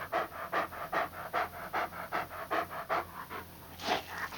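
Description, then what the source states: Dog panting in fast, even breathy puffs, roughly two or three per second, steady throughout with a faint hum underneath. Panting with some whining.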